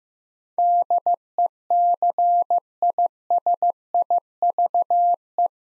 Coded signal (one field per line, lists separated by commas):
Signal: Morse code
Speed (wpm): 15 wpm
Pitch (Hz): 700 Hz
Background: none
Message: DECISIVE